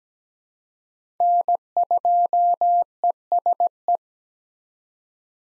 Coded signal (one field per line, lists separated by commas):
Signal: Morse code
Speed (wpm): 17 wpm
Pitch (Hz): 700 Hz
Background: none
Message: N2ESE